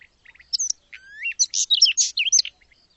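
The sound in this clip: Songbird phrase with a few soft opening notes, then a rising whistle followed by a fast run of sharp, twisting high chirps and trills. No other sounds.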